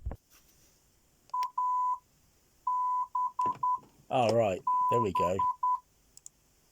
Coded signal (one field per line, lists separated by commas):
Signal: Morse code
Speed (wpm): 10 wpm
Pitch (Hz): 1000 Hz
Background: speech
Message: A B B